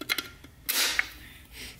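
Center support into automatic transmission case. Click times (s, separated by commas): 1.0 s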